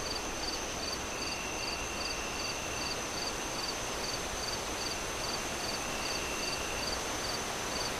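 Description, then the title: Crickets chirping in fast even pulses, about two and a half per second, over a constant rush of wind and a faint high whine. Crickets chirping on a windy night, wind howling through the trees. "Relaxing Crickets Sounds On A Windy Night"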